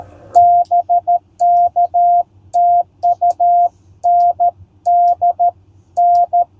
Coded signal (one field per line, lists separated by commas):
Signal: Morse code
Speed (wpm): 13 wpm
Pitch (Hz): 700 Hz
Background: none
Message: BK TU N D N